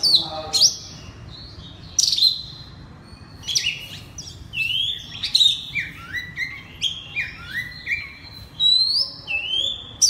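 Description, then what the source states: Oriental magpie-robin song: loud, varied whistled phrases, sharp descending slurs and rising notes in quick bursts with short pauses between them. Oriental magpie-robin (kacer) singing loudly in ngeplong style.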